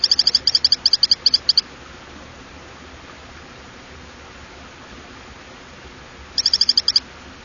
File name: Hylodes phyllodes